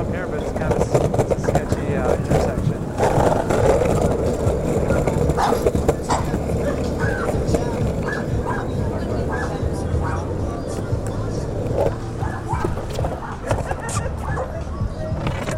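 Skating along city streets, a constant low rumble of wheels on pavement fills the whole clip. Voices talk over it in scattered bursts, and a dog barks a few times in the middle, with brief higher clicks and scrapes throughout.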